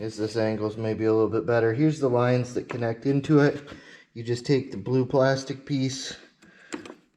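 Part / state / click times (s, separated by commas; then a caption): plastic lock retainer in a fuel line quick connector on the fuel pump module / not seated / none. Someone talks while handling the blue plastic lock retainer on a fuel line quick connector at the fuel pump module of a Silverado, with a few faint, short handling ticks near the end around 6.4 to 6.9 seconds. The clip ends before the retainer goes back in, so nothing has seated or clicked yet.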